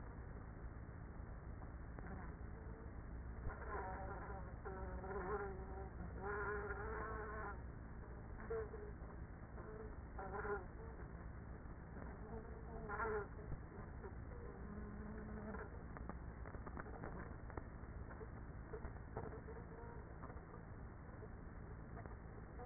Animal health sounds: honeybee colony, microphone inside the hive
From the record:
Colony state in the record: queenless with a low population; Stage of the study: after two queens were removed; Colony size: about 30,000 bees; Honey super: no

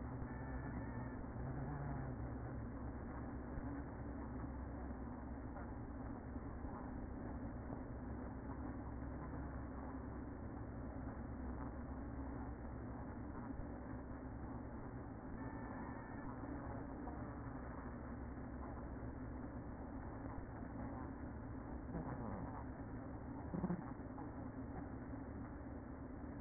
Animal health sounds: honeybee colony, microphone inside the hive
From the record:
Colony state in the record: queen present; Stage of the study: after two queens were removed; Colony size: about 60,000 bees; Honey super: yes

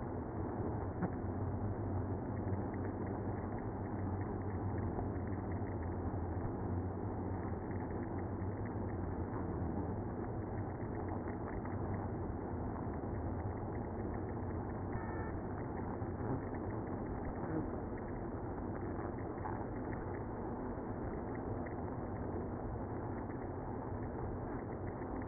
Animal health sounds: honeybee colony, microphone inside the hive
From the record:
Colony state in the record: queenless (queen removed); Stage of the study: after two queens were removed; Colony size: about 60,000 bees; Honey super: yes

